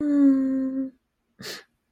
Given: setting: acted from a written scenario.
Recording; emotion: vocal sound without words; disappointment